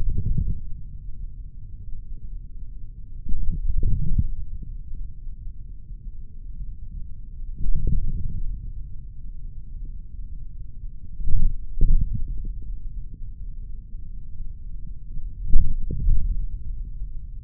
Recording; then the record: forearm muscle sounds (acoustic myography)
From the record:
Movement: hand closing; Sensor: system 3, bracelet of six PUI Audio POM-2738L microphones around the upper forearm, with dedicated amplification and filtering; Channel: 3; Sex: male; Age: 26 years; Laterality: right